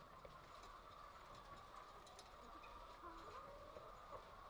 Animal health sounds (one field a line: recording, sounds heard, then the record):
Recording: poultry house recording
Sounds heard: healthy chickens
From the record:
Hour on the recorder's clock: 1